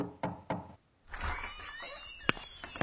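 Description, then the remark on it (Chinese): Two firm, quick knocks on the wooden door of school dorm room 336 early in the morning, then a short pause before the door opens with shuffling and rustling, and a sharp click of the latch. “接下来的周六周日，R中高一全体放假，沈西一大早就敲门进入336寝。”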